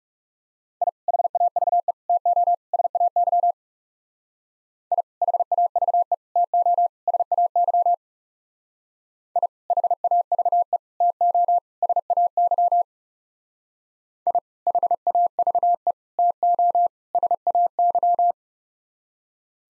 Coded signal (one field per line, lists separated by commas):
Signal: Morse code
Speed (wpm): 35 wpm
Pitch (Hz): 700 Hz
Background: none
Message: I HAVE TO SAY I HAVE TO SAY I HAVE TO SAY I HAVE TO SAY